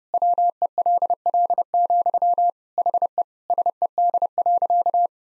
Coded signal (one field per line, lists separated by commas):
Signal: Morse code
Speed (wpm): 32 wpm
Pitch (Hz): 700 Hz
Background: none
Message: WELL, HE SED.